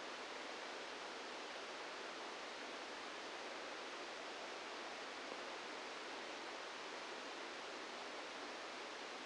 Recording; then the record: brain microelectrode recording played as sound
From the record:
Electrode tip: outside the subthalamic nucleus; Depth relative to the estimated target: 2 mm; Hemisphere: right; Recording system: NeuroSet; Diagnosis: Parkinson's disease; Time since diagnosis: 17 years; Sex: male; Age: 64 years